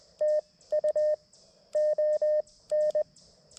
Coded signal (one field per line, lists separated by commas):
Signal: Morse code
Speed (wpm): 20 wpm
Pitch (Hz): 610 Hz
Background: none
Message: TU ON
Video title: CW POTA at K-5088 with the MTR-4B and the WRC Sporty Forty antenna system